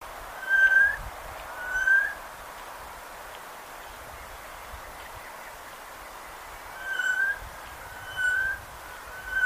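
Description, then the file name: Eurasian jay calling with five clear mewing whistles, two early and three near the end, over gentle background hiss. "Garrulus glandarius"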